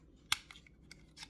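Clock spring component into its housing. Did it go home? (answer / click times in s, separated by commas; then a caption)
yes / 0.3 s. A component of a steering wheel clock spring (ribbon spiral cable), part 5K0 953 569 H, is pushed into its plastic housing during a repair. A sharp, bright click at 0.3 s marks it seating, followed by fainter small ticks around 0.5, 0.7 and 0.9 s and a softer rustle near 1.2 s. The part is clicked into place.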